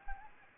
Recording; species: mosquito wingbeat signal from an infrared sensor; Anopheles gambiae